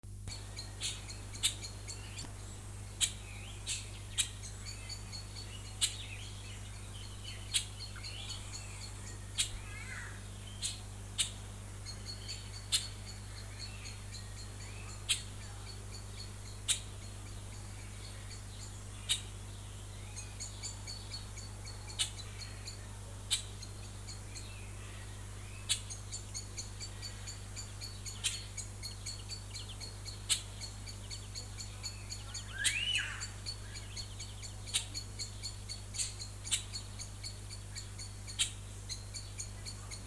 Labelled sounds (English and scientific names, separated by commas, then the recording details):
Scarlet-headed Blackbird (Amblyramphus holosericeus)
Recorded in captivity
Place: Zoo Berlin, Berlin, DE
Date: 2004-04-22 15:53
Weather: sunny, 22-24°C
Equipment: Fair Mate ST-1328 (Asahi Electronics, Japan), Sennheiser ME 80, Kopie Uher 4000 Report Monitor
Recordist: Tembrock, Günter